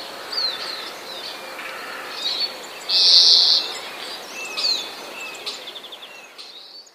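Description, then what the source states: European greenfinch giving a single harsh, drawn-out buzzy wheeze among a few thin, faint high notes, against a constant hissing background. Sound presented among borrowed, mimicked sounds on a page about the marsh warbler.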